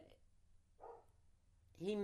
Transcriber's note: dogs barking